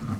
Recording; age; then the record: pig call; growing-finishing pig (85 days or more)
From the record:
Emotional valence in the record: positive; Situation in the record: enriched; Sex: female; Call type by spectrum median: low-frequency call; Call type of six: low-frequency stable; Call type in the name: low-frequency stable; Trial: 4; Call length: 0.20 s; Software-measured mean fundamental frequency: 53 Hz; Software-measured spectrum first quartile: 140 Hz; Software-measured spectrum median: 236 Hz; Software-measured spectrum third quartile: 681 Hz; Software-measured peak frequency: 224 Hz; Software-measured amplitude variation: 136 dB a second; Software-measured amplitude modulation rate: 22.8 a second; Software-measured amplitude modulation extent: 6.0 dB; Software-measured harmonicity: -1.4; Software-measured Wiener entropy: -1.45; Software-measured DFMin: 865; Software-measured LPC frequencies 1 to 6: 1235, 1813, 4279, 5608, 6301, 7052 Hz